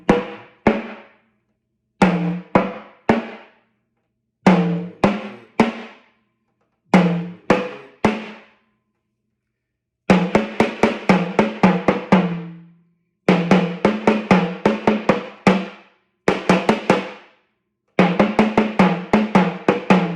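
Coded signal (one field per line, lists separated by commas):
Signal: talking drum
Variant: Yoruba sakara drum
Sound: rhythmic groups of resonant low drum strokes with tonal pitch, pauses between phrases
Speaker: let's handle another Yoruba talking drum line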